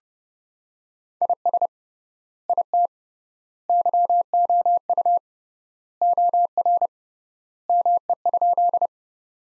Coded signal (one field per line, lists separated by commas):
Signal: Morse code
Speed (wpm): 32 wpm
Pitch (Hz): 700 Hz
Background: none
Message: IS IT YOU OR ME?